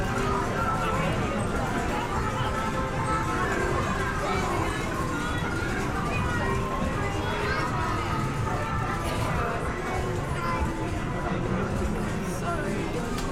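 Inside an English seaside town amusement arcade, overlapping chatter and voices run without pause under a steady whir of machines. The level holds even throughout, dense and busy, with faint bright clinks scattered through the mix.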